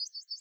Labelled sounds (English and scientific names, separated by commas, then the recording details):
Yellowhammer (Emberiza citrinella) song
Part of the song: start
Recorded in the Czech Republic on 8 May 2013
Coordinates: 50.243, 15.993
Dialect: BlBh
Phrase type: H2
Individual 289569